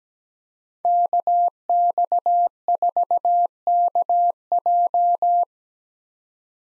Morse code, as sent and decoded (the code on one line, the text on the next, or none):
-.- -..- ....- -.- .---
KX4KJ